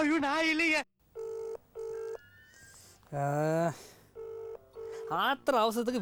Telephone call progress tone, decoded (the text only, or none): ringback tone